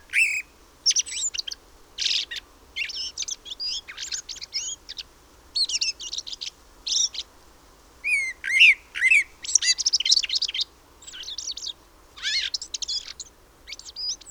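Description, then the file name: Common blackbird giving rapid, high chirping and squeaky notes in irregular bursts, some rising and falling, with brief pauses between clusters. "Turdus merula"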